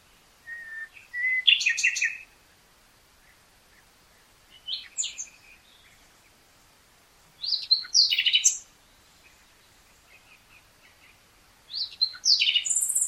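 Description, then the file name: Common nightingale giving short, varied song phrases separated by pauses of a few seconds, mixing sharp chirps, whistles and quick rattled notes over a soft background hiss. "Luscinia megarhynchos"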